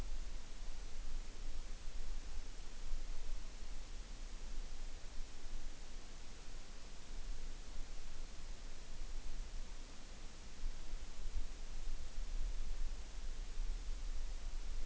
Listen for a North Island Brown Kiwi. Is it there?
no